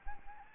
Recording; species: mosquito wingbeat signal from an infrared sensor; Anopheles gambiae